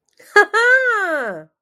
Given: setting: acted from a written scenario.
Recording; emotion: vocal sound without words; positive surprise